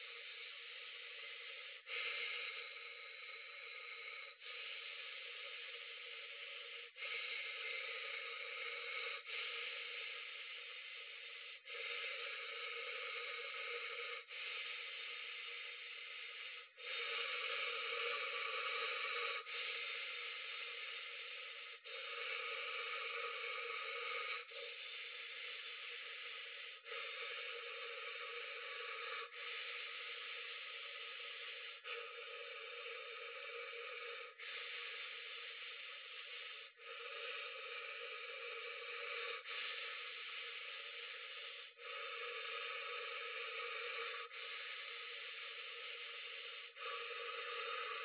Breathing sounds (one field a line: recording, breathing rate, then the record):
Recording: paced breathing near a phone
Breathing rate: 12 breaths a minute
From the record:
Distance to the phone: 40 cm